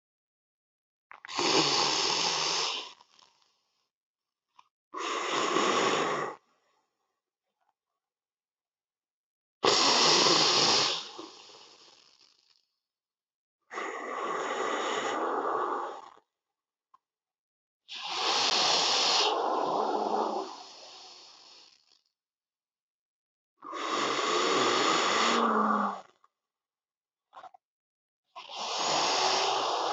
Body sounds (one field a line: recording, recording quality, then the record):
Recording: deep breathing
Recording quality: excellent, no background noise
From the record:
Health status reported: healthy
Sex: male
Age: 25 years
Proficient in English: yes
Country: India